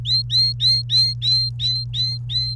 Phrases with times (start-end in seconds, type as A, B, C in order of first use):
0.05-2.55 A